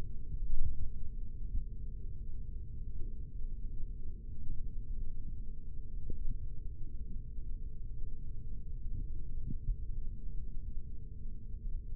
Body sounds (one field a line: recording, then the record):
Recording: forearm muscle sounds (acoustic myography)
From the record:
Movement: rest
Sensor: system 3, bracelet of six PUI Audio POM-2738L microphones around the upper forearm, with dedicated amplification and filtering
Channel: 6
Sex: male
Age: 26 years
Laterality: right